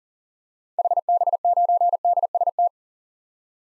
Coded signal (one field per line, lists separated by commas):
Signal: Morse code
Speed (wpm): 40 wpm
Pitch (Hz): 700 Hz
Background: none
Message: HB9DST